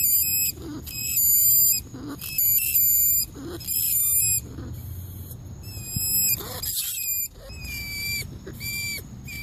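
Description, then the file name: Rat squeaks: bursts of high, bent squeaks alternating with raspier squeals, irregularly spaced, with low background noise. Squeaking for help, calling to the group. "Tieng chuot keu cuu goi bay"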